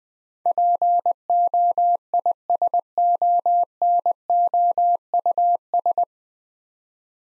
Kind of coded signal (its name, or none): Morse code